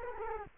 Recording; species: mosquito wingbeat signal from an infrared sensor; Culex quinquefasciatus